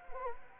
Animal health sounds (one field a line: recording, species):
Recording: mosquito wingbeat signal from an infrared sensor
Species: Anopheles gambiae